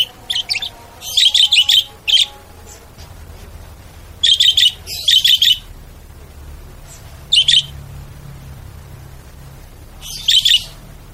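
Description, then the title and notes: Bird giving loud rapid chirp bursts in clusters, pausing between groups, then repeating, over quiet low rumble. Bird ringtone with melodious sounds. "Burung Dengan Suara Merdu"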